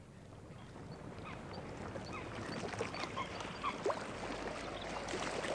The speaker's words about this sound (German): Die 2 Kraftmenschen tauchten allein wieder auf, sprangen ins Boot und ruderten zurück.